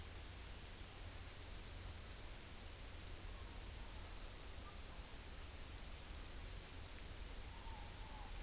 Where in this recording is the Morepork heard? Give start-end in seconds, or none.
7.45-8.31